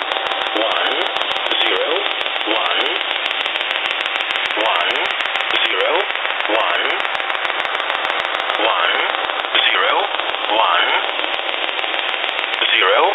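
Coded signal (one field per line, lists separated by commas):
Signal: numbers station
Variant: E07a English Man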